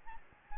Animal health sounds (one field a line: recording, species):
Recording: mosquito wingbeat signal from an infrared sensor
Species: Aedes albopictus